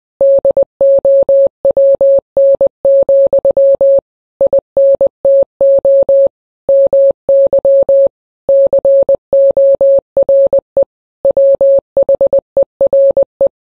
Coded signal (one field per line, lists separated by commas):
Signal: Morse code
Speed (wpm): 20 wpm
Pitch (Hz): 550 Hz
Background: none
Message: DOWN, INTO MY CORE WHERE